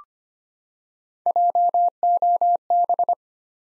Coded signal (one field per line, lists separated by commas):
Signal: Morse code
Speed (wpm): 25 wpm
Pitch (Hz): 700 Hz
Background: none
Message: JOB